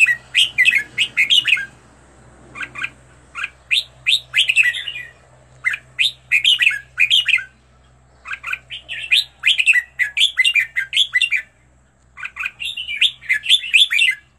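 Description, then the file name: Red-whiskered bulbul singing repeated bursts of lively, warbled whistles, each phrase a quick cluster of up-and-down slurred notes, with short breaks between. Used to teach birds to sing, featuring 15 standard song styles. "tieng-luyen-giong-chao-mao-hot-15-giong-chuan"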